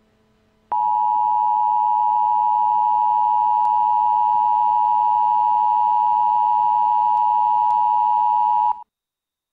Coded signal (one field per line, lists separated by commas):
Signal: Emergency Alert System (SAME) tones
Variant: 853 and 960 Hz attention tone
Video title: Mock EAS: Tornado Warning for Los Angeles County